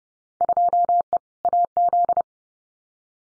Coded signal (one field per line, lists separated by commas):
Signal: Morse code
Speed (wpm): 30 wpm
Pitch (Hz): 700 Hz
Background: none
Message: 2E AZ